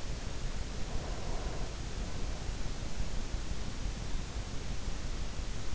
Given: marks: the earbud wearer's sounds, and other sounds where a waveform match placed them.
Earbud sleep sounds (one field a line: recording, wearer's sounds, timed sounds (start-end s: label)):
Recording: sounds in sleep by an in-ear microphone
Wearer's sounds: breath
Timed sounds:
0.63-2.77 s: breath